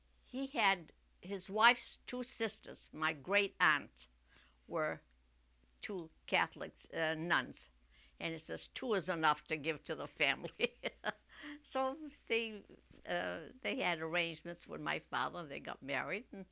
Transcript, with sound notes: he had, his wife's two sisters, my great aunts, were two Catholics, uh, nuns, and he says, "Two is enough to give to the family." ( she laughs ) So they, they had arrangements with my father, and they got married, and...